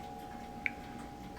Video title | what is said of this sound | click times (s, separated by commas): The Model Ship - Part 2207 | Yeah, it looks like it kind of locks into place there pretty good. | 0.7 s